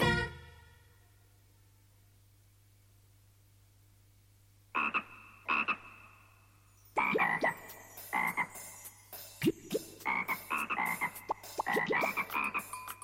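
A frog croaks twice after a quiet stretch, then breaks into a rapid, uneven run of loud, raspy croaks over a steady low hum.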